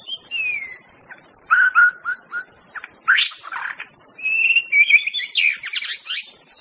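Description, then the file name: White-rumped Shama song mixing clear whistles, short falling notes and harsh rasping phrases, followed by a quick series of high trilled whistles, with a constant high hiss behind. In forest. "suara muraibatu hutan. omkicau"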